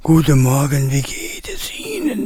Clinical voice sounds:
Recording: spoken sentence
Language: German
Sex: male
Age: 60 to 69 years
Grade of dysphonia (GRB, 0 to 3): 3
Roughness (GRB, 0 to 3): 3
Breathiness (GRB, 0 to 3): 3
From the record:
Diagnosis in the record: recurrent laryngeal nerve paralysis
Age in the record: 66 years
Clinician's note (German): Frischer Zustand nach beidseitiger laserchirurgischer Erweiterung der Glottis

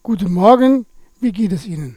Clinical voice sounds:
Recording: spoken sentence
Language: German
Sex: male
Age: 60 to 69 years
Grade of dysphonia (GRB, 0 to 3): 0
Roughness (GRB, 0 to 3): 0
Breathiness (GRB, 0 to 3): 0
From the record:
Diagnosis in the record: psychogenic dysphonia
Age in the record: 61 years

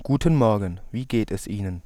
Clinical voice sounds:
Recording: spoken sentence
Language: German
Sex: male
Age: 20 to 29 years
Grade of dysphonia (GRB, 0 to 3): 0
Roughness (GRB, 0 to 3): 0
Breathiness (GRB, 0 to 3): 0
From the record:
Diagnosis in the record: healthy voice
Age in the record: 23 years

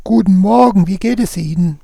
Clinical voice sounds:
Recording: spoken sentence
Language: German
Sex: male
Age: 60 to 69 years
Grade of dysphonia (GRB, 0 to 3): 3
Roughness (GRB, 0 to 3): 2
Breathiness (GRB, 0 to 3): 3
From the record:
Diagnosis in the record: recurrent laryngeal nerve paralysis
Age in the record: 65 years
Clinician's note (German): Links, idiopathisch, unvollständige Kompensation

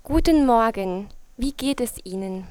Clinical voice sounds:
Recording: spoken sentence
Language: German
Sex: female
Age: 20 to 29 years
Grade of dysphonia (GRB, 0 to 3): 0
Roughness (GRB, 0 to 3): 0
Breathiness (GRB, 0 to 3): 0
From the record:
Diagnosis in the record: healthy voice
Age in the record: 20 years

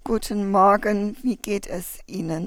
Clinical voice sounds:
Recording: spoken sentence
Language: German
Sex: female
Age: 40 to 49 years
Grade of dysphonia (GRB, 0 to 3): 1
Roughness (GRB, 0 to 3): 1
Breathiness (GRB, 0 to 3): 0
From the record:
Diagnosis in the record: spasmodic dysphonia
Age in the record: 46 years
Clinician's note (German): Verdacht auf SD, DD: Hyperfunktionelle Dysphonie, asymmetrisch verkürztes Schwingungsbild

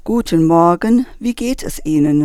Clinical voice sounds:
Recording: spoken sentence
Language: German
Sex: female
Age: 50 to 59 years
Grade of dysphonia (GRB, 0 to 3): 0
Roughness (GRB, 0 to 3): 0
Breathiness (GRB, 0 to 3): 0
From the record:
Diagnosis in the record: Reinke's edema, hyperfunctional dysphonia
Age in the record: 59 years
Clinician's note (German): Rückläufig

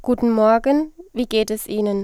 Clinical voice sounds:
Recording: spoken sentence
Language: German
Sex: female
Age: 20 to 29 years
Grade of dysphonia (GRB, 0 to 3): 0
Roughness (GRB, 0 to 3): 0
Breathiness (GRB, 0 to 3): 0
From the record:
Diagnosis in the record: healthy voice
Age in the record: 21 years

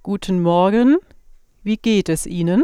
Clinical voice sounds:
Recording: spoken sentence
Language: German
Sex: female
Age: 40 to 49 years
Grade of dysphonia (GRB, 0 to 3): 0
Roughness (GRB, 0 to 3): 0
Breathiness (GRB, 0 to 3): 0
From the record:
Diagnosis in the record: functional dysphonia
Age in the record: 41 years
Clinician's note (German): Funktionelle Dysphonie

